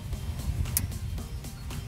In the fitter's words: and she's in we got a click